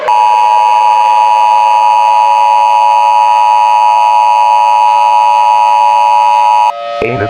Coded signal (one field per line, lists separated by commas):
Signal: Emergency Alert System (SAME) tones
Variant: 853 and 960 Hz attention tone